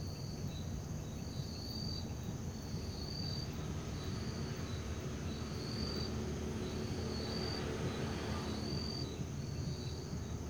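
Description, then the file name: Cricket chirping in regular high bursts over a continuous low rumble of background noise. Night, in a park. "Ambiencia parque da liberdade a noite com grilos, morcegos, moto longe e sapos"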